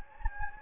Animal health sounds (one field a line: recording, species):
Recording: mosquito wingbeat signal from an infrared sensor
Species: Anopheles gambiae